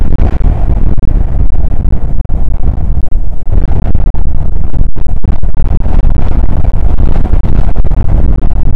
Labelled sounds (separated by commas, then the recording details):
wind
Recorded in the Prudhoe Bay oil fields, Alaska, on 19 July 2019 at 00:03
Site 25